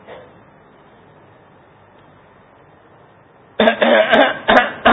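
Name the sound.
repeated coughing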